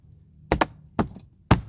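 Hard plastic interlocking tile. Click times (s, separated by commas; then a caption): 0.5 s, 1.5 s. A plastic deck tile that has been cut in half is pressed into an adjoining tile, giving sharp, loud plastic snaps along with a few lighter clacks in between. It snaps into place at 0.5 s and again at 1.5 s, and the cut half is confirmed seated.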